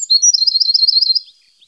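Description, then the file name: Eurasian wren song, a quick high trill of rapid repeated notes lasting just over a second, then fading. "Zaunkoenig"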